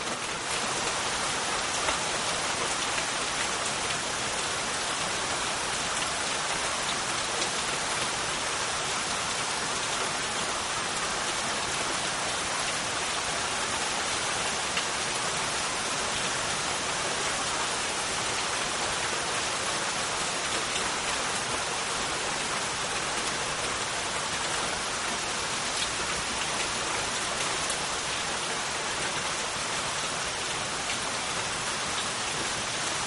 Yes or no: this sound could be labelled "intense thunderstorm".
yes